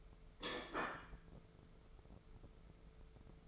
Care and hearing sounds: daily activity, microphone in the room; place plate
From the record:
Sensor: 5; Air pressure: 1015.1 hPa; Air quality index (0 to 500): 204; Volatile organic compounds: 10 ppm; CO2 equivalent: 2242 ppm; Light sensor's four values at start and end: 51/122/49/51 and 52/123/50/51

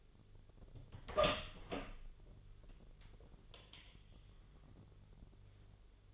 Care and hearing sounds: daily activity, microphone in the room; open door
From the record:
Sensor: 4

